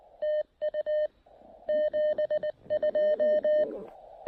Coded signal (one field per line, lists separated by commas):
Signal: Morse code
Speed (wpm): 20 wpm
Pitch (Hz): 620 Hz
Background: none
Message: TU 72